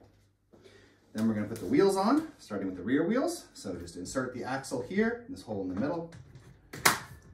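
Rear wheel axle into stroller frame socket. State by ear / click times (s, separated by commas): seated / 6.9 s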